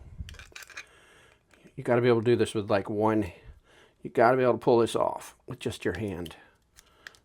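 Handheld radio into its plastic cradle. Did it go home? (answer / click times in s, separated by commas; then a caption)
yes / 7.1 s. A Baofeng DM-32UV 10W handheld radio is pushed by hand into its plastic cradle, or holder, while someone talks, and a few light knocks and handling sounds come before the talking. A short, sharp click at 7.1 s marks the radio locking into the cradle, and it is seated.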